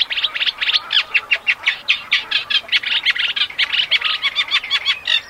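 Eurasian reed warbler song: rapid, jerky chatter of harsh, grating notes strung together continuously.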